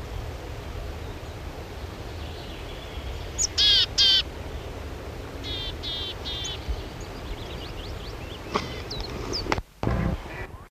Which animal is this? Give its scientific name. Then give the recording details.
Poecile montanus. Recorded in the wild. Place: Sackpfeife, DE. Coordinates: 50.9428, 8.53361. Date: 1964-04-17. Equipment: Uher Report 4000, AKG D190. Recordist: Krey, Winfried. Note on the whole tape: Rufe